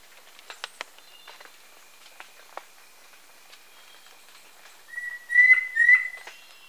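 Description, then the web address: Yellow-breasted antpitta call of two clear, level whistles near the end, preceded by a few scattered, faint high chips and ticks from other birds. Recorded in Ecuador. "Natures Songs S America Birds of Ecuador Yellow-breasted Antpitta"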